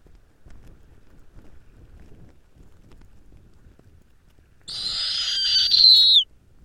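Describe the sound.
Snowy owl screech: a single loud, harsh high scream lasting over a second and dropping at the end, after low wind rumble.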